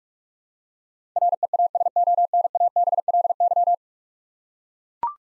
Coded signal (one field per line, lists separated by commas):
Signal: Morse code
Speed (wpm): 41 wpm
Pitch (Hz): 700 Hz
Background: none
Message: REASONABLY